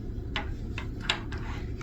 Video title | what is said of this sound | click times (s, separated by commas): Avoset: Starting Your Infusion | You should hear 2 clicks to indicate that the cassette is fully latched. | 0.4 s, 1.1 s